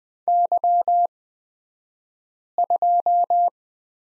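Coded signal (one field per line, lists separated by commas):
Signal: Morse code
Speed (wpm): 20 wpm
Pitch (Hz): 700 Hz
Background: none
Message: Y2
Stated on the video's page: Morse code course lesson on prosign BT, Farnsworth speed 20/10 wpm.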